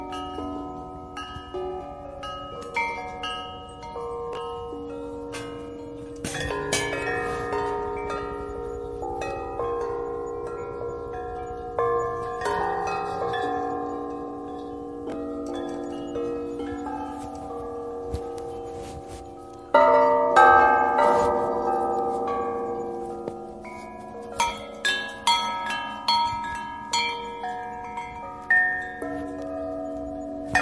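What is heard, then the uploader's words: Bells and chimes ring over a soft, steady hiss, with frequent overlapping strikes whose bright tones hang and fade slowly. The ringing is dense and irregular throughout, swelling noticeably louder around twenty seconds with a fresh cluster of clear strikes. Bells white noise, bell sounds of relaxation, calming bells white noise.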